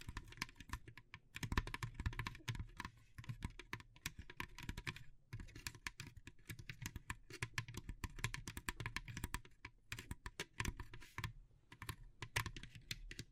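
Wood, bamboo and straw being tapped and handled in quick, irregular clicks and knocks that run almost without pause for the whole clip. The hits are dry and woody, with a low thump under each, and short gaps near five and eleven seconds.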